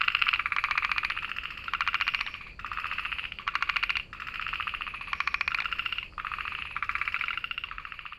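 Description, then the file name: Okinawa narrow-mouthed frog calls: pulsed buzzy bursts roughly a second long, separated by brief gaps. "himeamagaeru call"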